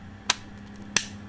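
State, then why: Seated. A plastic and metal magazine is pushed hard back into the grip of an Umarex CP99 air pistol. A brief sharp tap at 0.3 s is followed by the click at 1.0 s as the magazine seats home.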